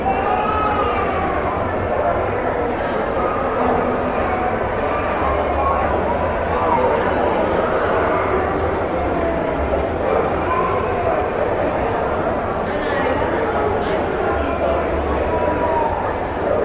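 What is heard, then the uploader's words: Shopping mall ambience with a dense, steady crowd murmur of overlapping voices, none standing out clearly. A low hum runs underneath throughout, and faint clinks and brief brighter tones surface now and then in a large, echoing space. SHOPPING MALL ASMR AMBIENT SOUND.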